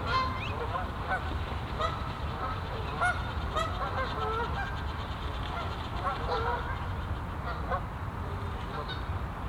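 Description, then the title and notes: Goose: geese uttering frequent short nasal honks, several birds overlapping, over a continuous low rumble. Geese on the pond of Bouchout castle, Meise botanical garden, Belgium; binaural recording. "Plantentuin, Meise, Belgique - Oies - Geese. Meise, jardin botanique. Des oies sur l'étang du chateau de Bouchout. Meise botanical garden. Geese on the pond of the castle Bouchout"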